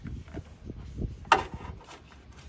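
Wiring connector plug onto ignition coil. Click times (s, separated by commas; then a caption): 1.3 s. A plastic wiring connector plug is pushed onto the ignition coil of a 2011–2017 Honda Odyssey before the coil is fully inserted, during spark plug replacement. Low, soft handling rumbles lead up to one sharp click at 1.3 s, followed by quieter fumbling. The connector is seated on the coil.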